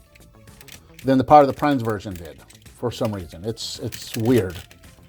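A plastic section of a Generations Selects Star Convoy transforming toy is handled against the combined robot's connection slot while someone talks, with faint light plastic clicks and rustles early in the clip and again near the end. Nothing has seated or snapped into place yet.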